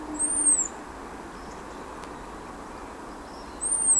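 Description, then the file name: European robin giving thin, very high arched whistles, one at the start and another about three seconds later, over a steady low background hiss. "Erithacus rubecula"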